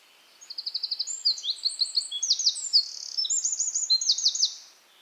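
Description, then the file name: Eurasian wren song: a fast, shrill cascade of trills and clipped notes lasting around four seconds, energetic and unbroken, with a light steady hiss behind. "Troglodytes troglodytes"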